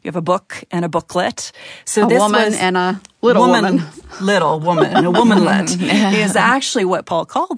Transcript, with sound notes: you have a book and booklet.
A woman and a little woman.
Little woman, a women-let. (laughter) That’s actually what Paul called them.